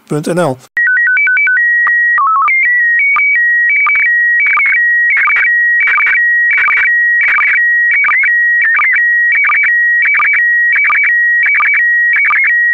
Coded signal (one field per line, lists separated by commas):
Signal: SSTV (slow-scan television)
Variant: PD 90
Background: speech